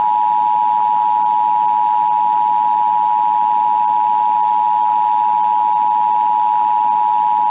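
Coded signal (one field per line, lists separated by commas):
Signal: Emergency Alert System (SAME) tones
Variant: 853 and 960 Hz attention tone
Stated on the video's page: Flash flood warning EAS tones aired on AM radio 820.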